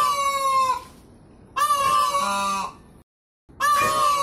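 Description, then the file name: Peafowl calls, loud and strongly harmonic, in three bursts separated by brief gaps. Female peafowl (peahen) calling. "tieng chim cong mai keu"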